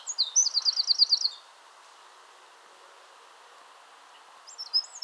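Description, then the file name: Eurasian wren song: a fast, high trill of repeated notes for over a second, then quiet, then another burst of high, warbling notes near the end. "Troglodytes troglodytes"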